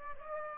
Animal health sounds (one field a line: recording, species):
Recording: mosquito wingbeat signal from an infrared sensor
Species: Aedes aegypti